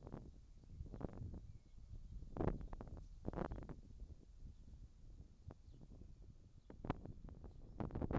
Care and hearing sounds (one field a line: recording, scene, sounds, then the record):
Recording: everyday scene through a hearing-aid microphone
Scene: wind on the microphone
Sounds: wind, whistling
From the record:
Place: in front of a rural house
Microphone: in the ear canal, left